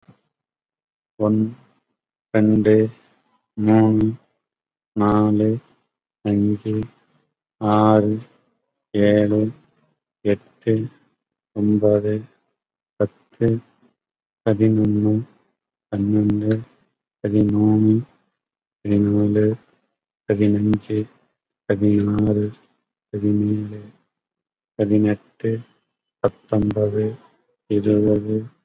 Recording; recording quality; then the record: counting at a normal pace; excellent, no background noise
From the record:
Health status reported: COVID-19 positive, no symptoms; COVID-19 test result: positive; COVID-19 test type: RT-PCR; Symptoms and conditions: hypertension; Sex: male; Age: 69 years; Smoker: no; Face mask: not worn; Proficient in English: no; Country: India